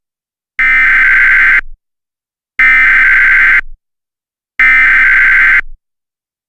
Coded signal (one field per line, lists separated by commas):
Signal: Emergency Alert System (SAME) tones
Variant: header bursts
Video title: EAS Scenario #8 - AMERICAN PSYCHO (4th of July Special)